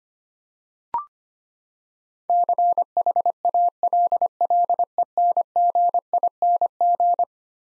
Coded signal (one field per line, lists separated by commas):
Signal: Morse code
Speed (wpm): 25 wpm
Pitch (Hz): 700 Hz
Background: none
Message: CHALLENGING